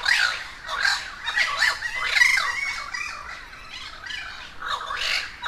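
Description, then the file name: Crows squawking in a steady overlapping jumble of nasal, grating caws, continuous throughout. A gathering of many crows at Humboldt Park, Cuba. "Quiet American - aaron ximm-humbold park cuba-convocation of crows"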